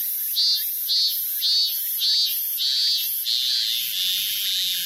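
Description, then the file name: Robust cicada song: regular shrill buzzy pulses roughly twice a second, each a high droning burst, growing longer and smoother toward the end. "minminzemi"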